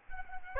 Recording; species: mosquito wingbeat signal from an infrared sensor; Aedes albopictus